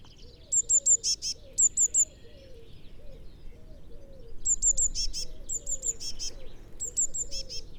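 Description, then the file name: Eurasian blue tit calling: a few thin high notes followed by a couple of buzzy, scolding notes, given several times, over a steady low cooing pulse from another bird. "Cyanistes caeruleus"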